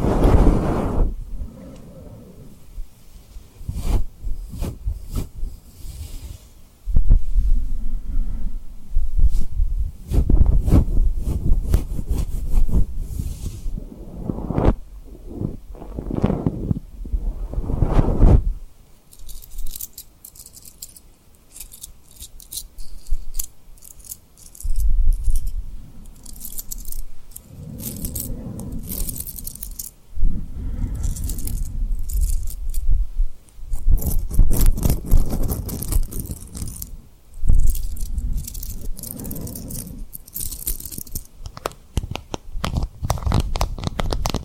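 Tapping and rubbing on rhinestones mixed with lip sounds, arriving in irregular bursts of sharp clicks and crackly scratching. The first half is busy and thumpy; after a quieter pause near twenty seconds, brighter, hissy rubbing returns in repeated clusters.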